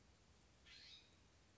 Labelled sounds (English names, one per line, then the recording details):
California Scrub-Jay
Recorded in Sonoma County, California